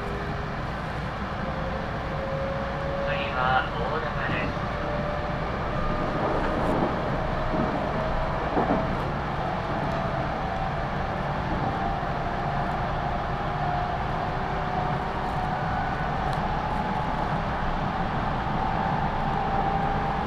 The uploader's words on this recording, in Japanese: 東海道本線 普通列車 南大高→名古屋。東海道本線の普通列車はこまめに停車していくので、モーター音がよく聞こえます。名古屋に向かう人が続々と乗ってきてむしろ新快速よりも混雑します。４両編成。